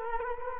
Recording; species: mosquito wingbeat signal from an infrared sensor; Culex quinquefasciatus